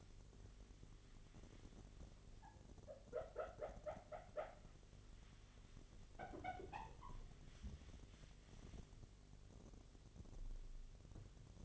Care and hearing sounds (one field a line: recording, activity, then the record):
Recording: daily activity, microphone in the room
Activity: wipe stove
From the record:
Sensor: 4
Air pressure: 1007.8 hPa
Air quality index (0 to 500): 197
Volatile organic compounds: 7 ppm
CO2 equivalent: 1968 ppm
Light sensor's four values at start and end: 22/70/27/26 and 22/70/27/26